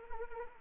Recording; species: mosquito wingbeat signal from an infrared sensor; Anopheles arabiensis